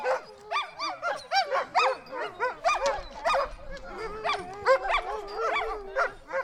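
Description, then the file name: Sled dogs barking and yipping in rapid bursts, with drawn-out howls joining in the second half. "Storm Kloud Sled Dogs"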